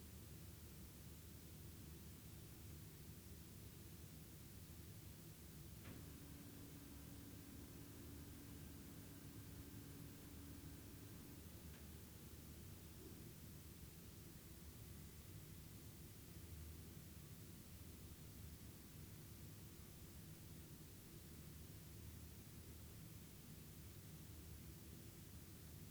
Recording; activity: daily activity, guitar pickup as the sensor; lie down